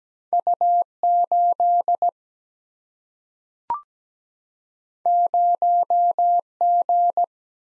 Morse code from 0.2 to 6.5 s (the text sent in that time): U 8 0